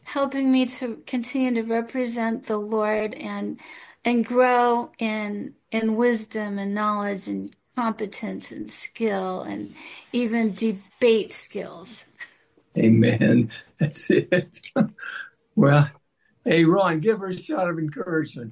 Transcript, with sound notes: helping me to continue to represent the Lord and, and grow in, in wisdom and knowledge and competence and skill, and even debate skills.
Amen. (laughs) That's it. Well, hey, Ron, give her a shout of encouragement.